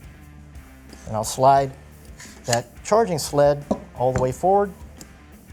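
Someone talks while handling the charging sled of an FN SCAR non-reciprocating charging handle kit, with a low-profile handle on the right side, preparing to slide it forward into the rifle's upper receiver. Brief faint ticks are heard at about 0.9 s and 5.0 s under the talking. Nothing has seated or locked into place yet.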